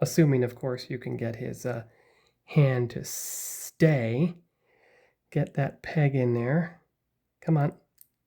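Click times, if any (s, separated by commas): none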